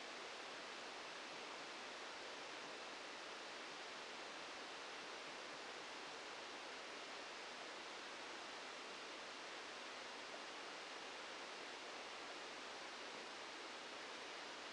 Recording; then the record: brain microelectrode recording played as sound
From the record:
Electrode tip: outside the subthalamic nucleus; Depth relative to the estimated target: -3 mm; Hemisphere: left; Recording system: NeuroSet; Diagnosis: Parkinson's disease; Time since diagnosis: 14 years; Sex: male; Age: 51 years